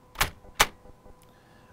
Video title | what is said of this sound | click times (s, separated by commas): Laptop and Docking Station Training Video | click telling you that your laptop is now undocked, like this. | 0.6 s